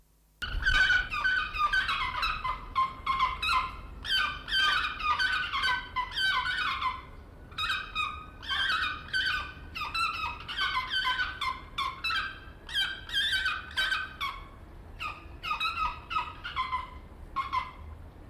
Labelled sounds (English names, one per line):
Pallas's Fish Eagle